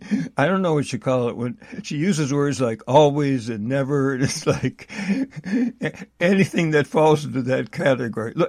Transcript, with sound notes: I don't know what you call it when... She uses words like always and never and it's like... (laughs) a- anything that falls into that category.